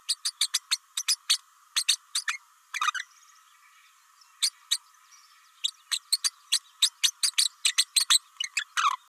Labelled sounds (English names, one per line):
Green-rumped Parrotlet babbling